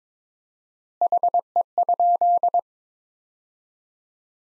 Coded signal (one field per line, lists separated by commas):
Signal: Morse code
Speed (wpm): 22 wpm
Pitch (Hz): 700 Hz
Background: none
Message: HE?